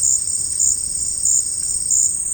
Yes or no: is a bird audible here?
no